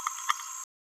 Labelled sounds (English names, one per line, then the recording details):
Green-rumped Parrotlet babbling
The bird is a female
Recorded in a nest box in Venezuela
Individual 17B31A3